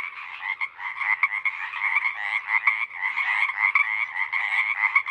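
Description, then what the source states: Pacific Chorus Frog chorus: countless overlapping creaking calls form a steady, throbbing roar with brief louder peaks from callers. Full chorus of a single pod, roaring on for hours until the night air cools; night of April 21-22, 2019, Sinlahekin Valley.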